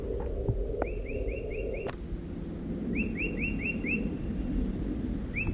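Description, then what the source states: Crossbill chitter: two fast runs of four to five clipped notes and a single note at the end, with sharp clicks over constant low background noise. Adult crossbills at their nest around noon after a long absence, chittering to the south of the nest.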